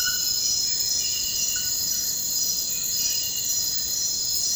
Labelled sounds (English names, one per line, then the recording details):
none
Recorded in dense forest near Puerto Asís, Putumayo, Colombia, on 19 February 2024 at 03:30
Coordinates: 0.472, -76.329
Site G6394